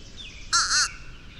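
Bird giving a single short, harsh call over steady background hiss.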